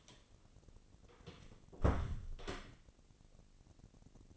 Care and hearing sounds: daily activity, microphone in the room; close door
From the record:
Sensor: 4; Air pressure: 1013.2 hPa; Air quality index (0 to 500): 177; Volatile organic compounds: 2 ppm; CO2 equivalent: 1117 ppm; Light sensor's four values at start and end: 95/237/97/103 and 69/168/71/71

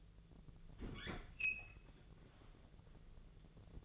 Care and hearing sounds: daily activity, microphone in the room; open fridge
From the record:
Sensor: 4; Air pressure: 1000.9 hPa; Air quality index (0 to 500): 130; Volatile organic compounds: 1 ppm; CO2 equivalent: 973 ppm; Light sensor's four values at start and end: 32/76/32/35 and 30/71/30/32

